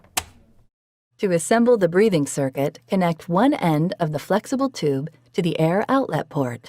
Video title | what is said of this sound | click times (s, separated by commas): Dreamstation BiPAP Machine with Heated Humidifier: Complete Setup and Maintenance Guide | Carefully place the water tank into the humidifier and close the humidifier lid until it snaps shut. | 0.2 s